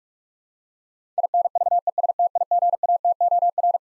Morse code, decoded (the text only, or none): INVESTIGATOR